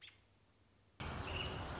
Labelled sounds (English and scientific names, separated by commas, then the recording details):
American Robin (Turdus migratorius)
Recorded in Sonoma County, California